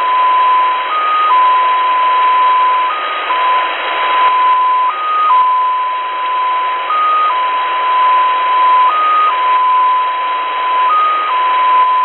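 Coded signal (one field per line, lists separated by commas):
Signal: numbers station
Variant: XPA2 polytone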